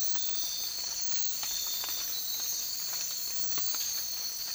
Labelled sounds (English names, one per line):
none